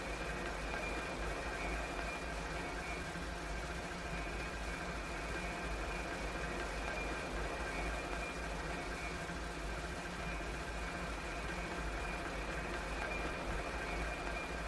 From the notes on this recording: automobiles, trucks, construction equipment, mopeds and motorcycles, buses, street sounds and a variety of police and ambulance sirens